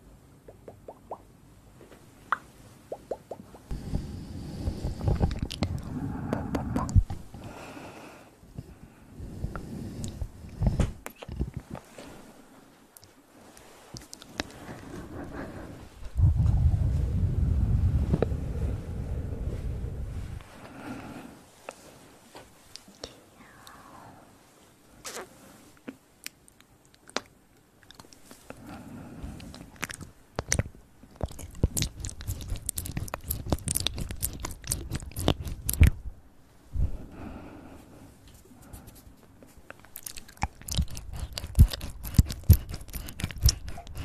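Ear massage sounds come in soft low rubbing bursts, heavy around 4–7, 16–20 and 29–32 seconds, with quieter gaps between. Later, sharp crackling clicks and brushy scratches cluster densely from about 30 seconds onward, irregular and bright.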